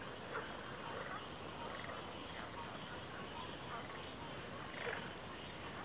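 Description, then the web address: Crickets form a steady high ringing trill over a hissy background, with only faint scattered calls beneath. Cricket chorus in a backwater. "WLL Grade 1-12 Pre-Uni Library Enter Natures Songs Sleep Sounds of Nature CRICKETS 03 Backwater Chorus"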